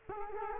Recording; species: mosquito wingbeat signal from an infrared sensor; Culex quinquefasciatus